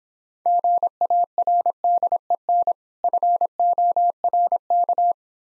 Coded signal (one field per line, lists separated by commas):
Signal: Morse code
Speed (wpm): 26 wpm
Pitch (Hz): 700 Hz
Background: none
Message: GARDEN FORK